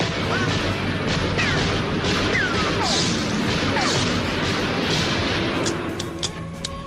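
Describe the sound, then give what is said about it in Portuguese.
Several sharp gunshot bangs, fired several times by a criminal and missing every time, go off over a constant, dense roar, with whistling, sweeping tones sliding through the noise and a quick cluster of cracks near the end. “Pra minha sorte, ele atirou várias vezes e errou todas.”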